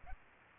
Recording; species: mosquito wingbeat signal from an infrared sensor; Aedes aegypti